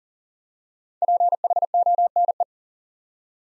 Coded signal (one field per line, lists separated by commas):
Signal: Morse code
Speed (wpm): 41 wpm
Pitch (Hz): 700 Hz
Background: none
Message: PHONE